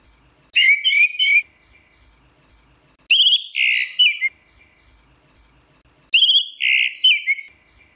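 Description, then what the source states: Orange-headed thrush song: three rich warbled phrases mixing whistles and harsher notes, repeated roughly every three seconds with silent gaps between. Song in the ngeplong style.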